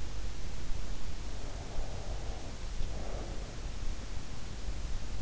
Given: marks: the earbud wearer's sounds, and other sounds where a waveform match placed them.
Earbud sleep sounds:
sounds in sleep by an in-ear microphone; breath
1.11-3.66 s: breath

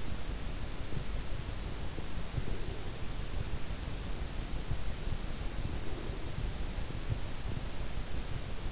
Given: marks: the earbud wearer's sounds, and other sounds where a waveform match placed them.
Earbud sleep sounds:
sounds in sleep by an in-ear microphone; breath
2.35-2.95 s: breath
5.49-6.56 s: breath

